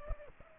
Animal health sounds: mosquito wingbeat signal from an infrared sensor; Culex pipiens

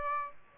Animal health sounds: mosquito wingbeat signal from an infrared sensor; Aedes aegypti

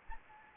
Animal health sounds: mosquito wingbeat signal from an infrared sensor; Anopheles gambiae

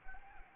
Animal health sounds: mosquito wingbeat signal from an infrared sensor; Anopheles arabiensis

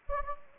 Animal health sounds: mosquito wingbeat signal from an infrared sensor; Anopheles gambiae

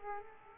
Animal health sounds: mosquito wingbeat signal from an infrared sensor; Aedes aegypti

